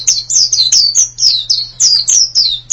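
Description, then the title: White-eye song of crisp, high whistled notes, each sliding downward, several per second, over a low steady hum. "Kicauan Burung Pleci Durasi Panjang"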